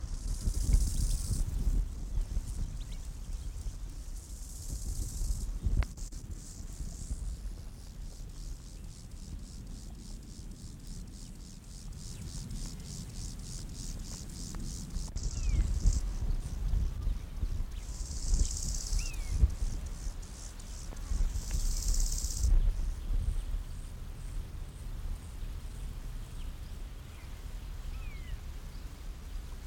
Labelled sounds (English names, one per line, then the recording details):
Bow-winged Grasshopper stridulation
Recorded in the wild
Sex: male
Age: imago
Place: Botanische Anlage Blankenfelde, Berlin, DE
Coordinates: 52.603, 13.4
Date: 1994-08-07 10:37
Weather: heiter, 20-22°C
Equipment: Marantz CP 430, Sennheiser ME 80, Kopie Uher Variocord 263
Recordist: Tembrock, Günter